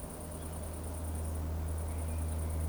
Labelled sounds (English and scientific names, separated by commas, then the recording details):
Eurasian Woodcock (Scolopax rusticola) whistle
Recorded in Baden-Württemberg, Germany, on 25 June 2020 at 20:00 UTC
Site 14569, 102 m above sea level